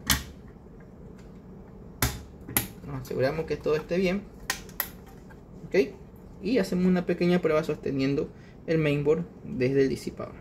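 A plastic push-pin fastener of a CPU cooler heatsink is pressed into a motherboard mounting hole, the last of the pins fitted one corner at a time in diagonal order. Sharp clicks sound at 2.0 s and 2.6 s as the pin seats home, followed by more brief sharp hits around 4.5 s and 4.8 s while someone talks. The push pin is seated.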